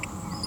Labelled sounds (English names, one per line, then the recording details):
Green-rumped Parrotlet babbling
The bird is a female
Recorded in a nest box in Venezuela
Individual 17B42A4